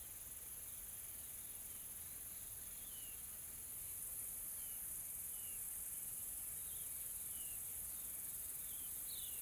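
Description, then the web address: Insects in chorus, a steady high shrill hiss running throughout, with a few faint, thin chirps sliding downward in the middle range. Soft, calm insect ambience from a tropical forest in South Africa. "Sonniss com - GDC 2020-Game Audio Bundle Smart Sound FX - Nature South Africa AMBIENCE Additional Tropical Forest Soft Insects Calm"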